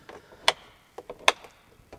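The window latches on a Hobby Vantana K60 De-Luxe motorhome window frame snap closed after the window is pushed fully up to free the ratchet, then brought down and shut. Two loud, sharp clicks at 0.5 s and 1.3 s mark the latches closing, with fainter ticks and rattles around them. The latches are seated.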